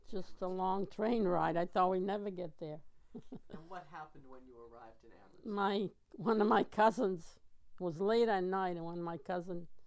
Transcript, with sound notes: Just a long train ride. I thought we'd never get there. ( she laughs )
And what happened when you arrived at Amherst?
My, one of my cousins, it was late at night, and one of my cousins